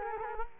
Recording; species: mosquito wingbeat signal from an infrared sensor; Culex quinquefasciatus